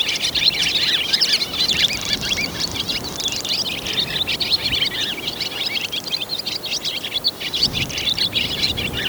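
Swallow song made of fast, high-pitched twitters and scratchy chirps that pour out continuously.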